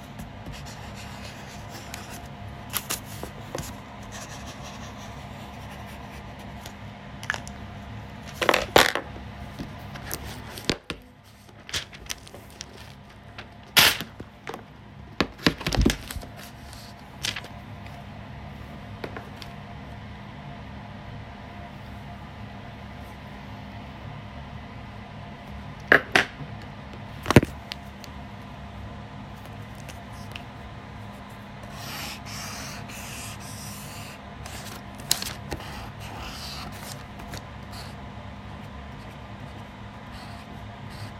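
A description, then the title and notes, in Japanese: Drawing sounds over a steady low hum that runs the whole time. Short sharp taps and clicks come every few seconds, clustered near 9, 14–16 and 26–27 seconds, and a run of light scratchy strokes appears between about 32 and 36 seconds. お絵描き。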